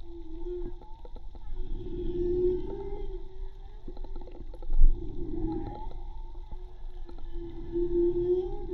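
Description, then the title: Whale song with drawn-out tonal moans and upsweeping notes and some clicking, over low underwater rumble. Recorded with a hydrophone from a boat at Tribugá; hydrophone listening presented as sustainable tourism avoiding disturbance by motorboats. "CANTO DE BALLENAS HIDROFONO MAGMA TRIBUGA J BARCO"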